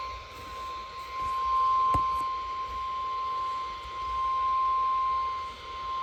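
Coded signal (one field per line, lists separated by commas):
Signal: Emergency Alert System (SAME) tones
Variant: 1050 Hz attention tone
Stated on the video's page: Weekly NOAA weather radio tests from Jesup, Georgia on 162.450 MHz and Savannah, Georgia on 162.400 MHz.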